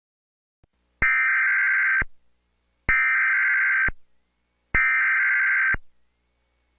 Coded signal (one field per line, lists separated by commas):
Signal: Emergency Alert System (SAME) tones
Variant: header bursts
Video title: EAS mock: it’s the Saudi Arabia English translate with the United States of America